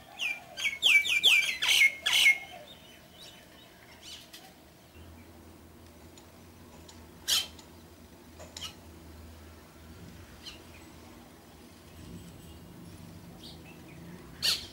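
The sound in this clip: Myna calls: a burst of loud squawks and slurred whistles in the first two seconds, then mostly quiet hum with a few scattered sharp chirps.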